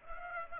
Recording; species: mosquito wingbeat signal from an infrared sensor; Aedes aegypti